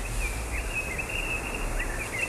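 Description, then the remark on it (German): Steady outdoor woodland ambience with a soft rushing hiss and low rumble, while thin, high bird chirps and trills flicker faintly and continuously through the background. “Machst du jetzt was über Vögel, oder? Nee, das ist diese... Das ist die Atmo aus diesem Hexenwald.”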